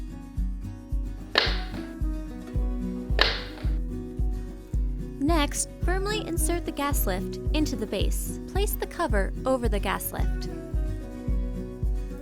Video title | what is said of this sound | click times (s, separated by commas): B4035C TAN Assembly | press in each Caster until you hear a click next firmly | 1.4 s, 3.2 s